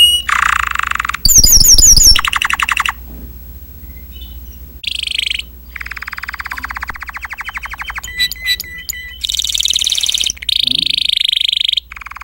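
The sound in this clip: Timbrado canary song with bursts of rapid trills and rolls separated by short quiet gaps, some phrases high and piercing, others lower and buzzy.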